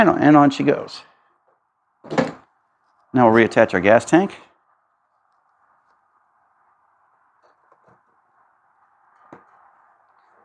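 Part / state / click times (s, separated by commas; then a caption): plastic fuel tank into its mount on a lawn mower / not seated / none. Someone talks while handling a plastic fuel tank being refit onto its mount on a lawn mower, with faint quiet knocks and a light tap near 9.3 s. The tank has not seated or clicked into place yet.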